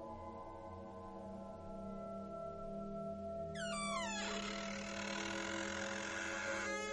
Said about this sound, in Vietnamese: Nói xong, cô rút từ trong túi ra một cái chìa khóa, mở cửa phòng. Cánh cửa phòng lâu ngày cũng như thường xuyên bị hóa chất làm bốc hơi. Nó rít lên những tiếng cót ca cót két.